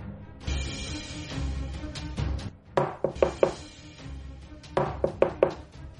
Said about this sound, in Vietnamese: Tiếng gõ cửa chuyển đến từ ngoài cửa. Tiếng bang bang kéo Lâm Tư Hằng đang đi vào cõi thần tiên lại.